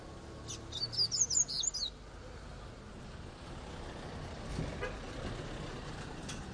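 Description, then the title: Double-collared seedeater song: a brief burst of high, rapid twittered notes lasting just over a second, followed by a steady low rumble like a passing vehicle. "Canto Coleiro"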